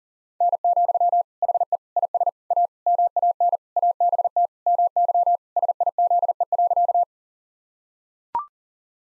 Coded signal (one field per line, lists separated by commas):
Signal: Morse code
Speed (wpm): 40 wpm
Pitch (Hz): 700 Hz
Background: none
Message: N, HE IS A MAN ABT MY SIZE.